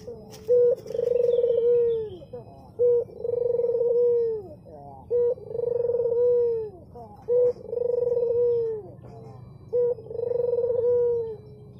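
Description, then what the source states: Barbary dove cooing in a regular rhythm, a brief note leading into a sustained rolling coo roughly every two seconds. Barbary dove, white form, recorded as a training (masteran) track for songbirds.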